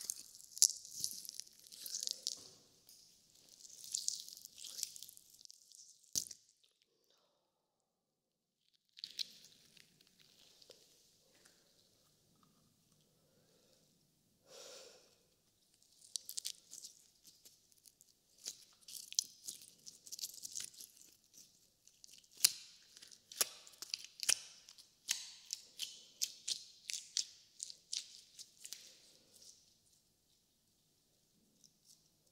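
Wet slime squishing in bursts of sticky crackles and pops, pausing near six and fourteen seconds, then busier and denser toward the end.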